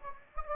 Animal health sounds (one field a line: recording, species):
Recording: mosquito wingbeat signal from an infrared sensor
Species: Anopheles gambiae